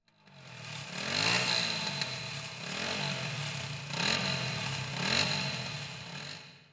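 A small two-stroke moped engine carrying two riders at night on a road along the Rhine buzzes steadily along, its pitch rising and falling in several waves as it revs up and eases off, with no voices.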